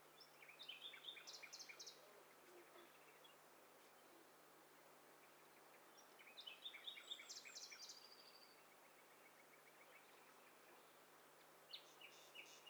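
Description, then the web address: Birds chirping in two faint bursts of rapid high notes, a few seconds apart, with a brief third burst near the end, over a steady hiss. A mixture of several birds. "Hi Fi STEREO BIRD COCKTAIL PARTY Challenge SBCP TESTSET HDBird Cocktail Party"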